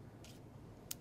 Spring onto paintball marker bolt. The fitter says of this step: you got to take your spring make sure it clicks down on your bolt